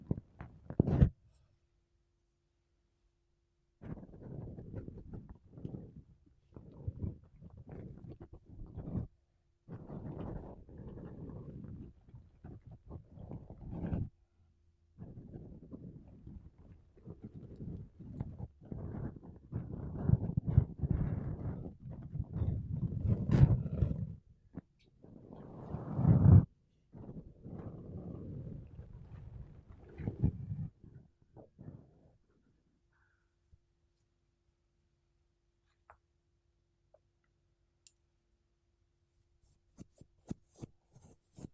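Makeup brushes and a sponge rub against a microphone in soft, low, muffled bursts of scratchy brushing. Strokes come in uneven clusters from about 4 to 32 seconds, some pressing harder. After that the sound drops to near silence with only a few faint ticks.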